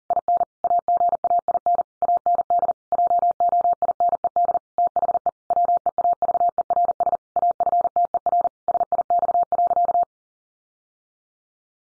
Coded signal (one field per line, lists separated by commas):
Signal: Morse code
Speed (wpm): 40 wpm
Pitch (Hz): 700 Hz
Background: none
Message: IN AGAIN AND JOINED THE WEAVERS AFTER SIX.